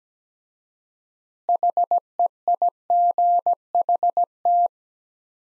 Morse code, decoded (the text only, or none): HEIGHT